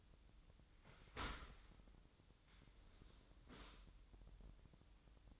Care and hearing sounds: daily activity, microphone in the room; open dishwasher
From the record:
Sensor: 3

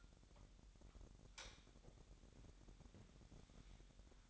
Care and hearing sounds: daily activity, microphone in the room; light on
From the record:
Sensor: 3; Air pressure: 1011.9 hPa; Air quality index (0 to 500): 232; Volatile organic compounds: 5 ppm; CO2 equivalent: 1722 ppm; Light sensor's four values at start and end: 15/34/14/15 and 17/43/18/18

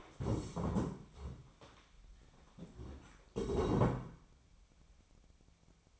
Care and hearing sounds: daily activity, microphone in the room; stand up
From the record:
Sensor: 1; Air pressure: 1015.2 hPa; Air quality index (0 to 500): 157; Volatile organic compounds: 9 ppm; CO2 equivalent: 2180 ppm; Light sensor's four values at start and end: 12/30/12/13 and 12/29/12/13

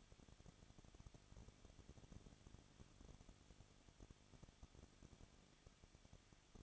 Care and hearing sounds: daily activity, microphone in the room; no activity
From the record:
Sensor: 4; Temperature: 23.0 degrees Celsius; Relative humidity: 34.2%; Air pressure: 1007.2 hPa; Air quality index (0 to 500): 217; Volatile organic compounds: 15 ppm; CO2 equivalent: 2509 ppm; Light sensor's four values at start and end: 2/3/1/1 and 2/3/1/1

